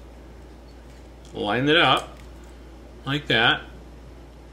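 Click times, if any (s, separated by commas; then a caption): none. A small single-edged stainless steel knife blade is being lined up on the two studs of a metal sheath while someone talks over a low, steady background hum. The blade has not been pressed home yet, and nothing has clicked or locked into place.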